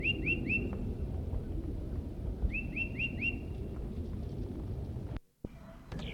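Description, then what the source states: Tufted Titmouse whistling two short phrases of three or four quick down-slurred notes, with a low rumbling background and a brief dropout near the end. Tufted titmouse calling nearby in woods.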